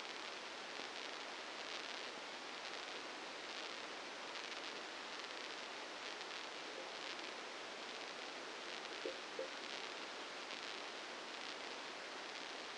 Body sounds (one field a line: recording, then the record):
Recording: brain microelectrode recording played as sound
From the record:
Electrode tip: inside the subthalamic nucleus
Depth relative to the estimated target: -3 mm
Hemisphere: left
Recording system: NeuroSet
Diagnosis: Parkinson's disease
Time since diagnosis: 8 years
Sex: male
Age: 59 years